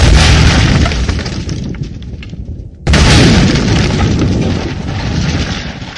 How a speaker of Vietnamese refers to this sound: Tiếng pháo bông thi đua nhau nổ như bắp rang khắp Vạn Tượng.